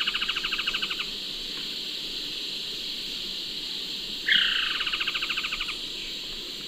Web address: Natures Songs S America Eastern Lowlands Trogon collaris, call